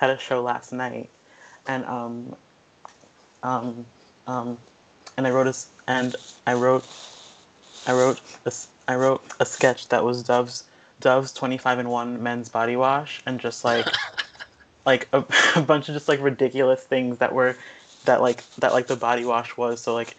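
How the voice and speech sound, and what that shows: Adult woman speaking with a stutter she has had since age 3, with repeated words and phrases, drawn-out sounds, filled pauses and long silent blocks between phrases.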